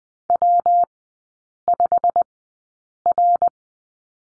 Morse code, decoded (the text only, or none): W5R